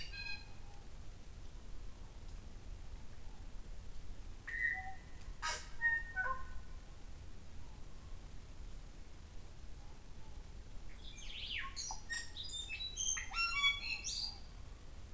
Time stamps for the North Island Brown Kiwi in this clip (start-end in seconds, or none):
none